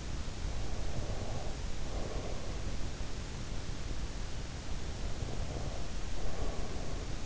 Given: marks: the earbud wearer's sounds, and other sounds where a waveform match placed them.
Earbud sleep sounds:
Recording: sounds in sleep by an in-ear microphone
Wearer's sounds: breath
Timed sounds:
0.89-2.83 s: breath
5.16-7.26 s: breath

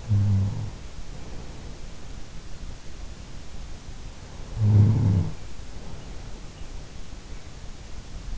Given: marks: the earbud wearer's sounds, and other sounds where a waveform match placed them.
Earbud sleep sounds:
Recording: sounds in sleep by an in-ear microphone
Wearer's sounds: snoring breath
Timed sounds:
0.00-1.08 s: snoring breath
4.23-5.89 s: snoring breath

